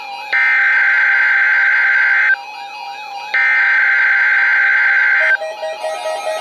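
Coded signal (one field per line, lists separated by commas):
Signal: Emergency Alert System (SAME) tones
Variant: header bursts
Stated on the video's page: NOAA Weather Radio station KEC60 Milwaukee, Wisconsin, required weekly test.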